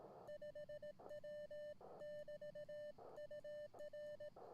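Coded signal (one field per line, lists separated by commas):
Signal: Morse code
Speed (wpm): 18 wpm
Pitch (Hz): 600 Hz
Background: none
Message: 5W <BT> UR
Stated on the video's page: Live stream with Morse code contacts on an Elecraft K1.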